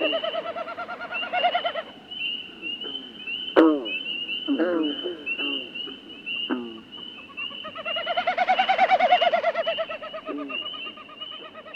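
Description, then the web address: Common Snipe winnowing twice, each a wavering, pulsed hooting that rises and fades, with a persistent high trilling background and brief descending notes between. North America. "Songs of Birds of North America Know Your Bird Sounds Common Western Species. Common Snipe"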